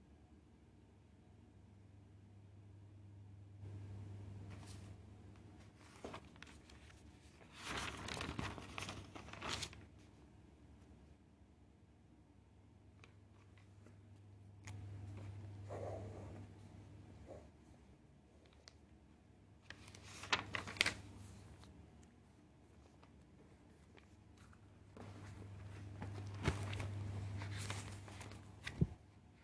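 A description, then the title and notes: Scratchy scribbling and rustling page turns come in bursts around 8, 20 and 26 seconds, over a recurring low hum and quiet pauses. This is a 45 minutes study session with scribbling and page turning ASMR.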